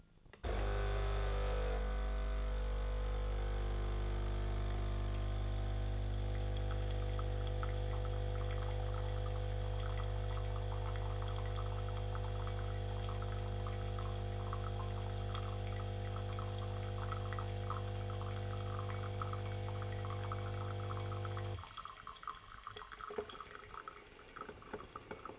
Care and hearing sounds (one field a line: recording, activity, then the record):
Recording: daily activity, microphone in the room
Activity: make coffee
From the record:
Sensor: 4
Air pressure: 1001.1 hPa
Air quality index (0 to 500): 146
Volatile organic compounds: 2 ppm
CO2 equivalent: 1073 ppm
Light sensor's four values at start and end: 19/44/18/20 and 19/44/19/20